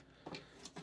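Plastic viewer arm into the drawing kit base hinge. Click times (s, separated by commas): 0.3 s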